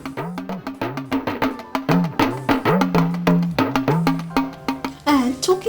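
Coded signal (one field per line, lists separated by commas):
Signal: talking drum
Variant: Yoruba dundun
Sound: quick series of resonant drum strokes whose low pitch rises and falls like speech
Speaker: have you ever heard of a drum that talks well the talking drum is one such instrument listen to the sound it makes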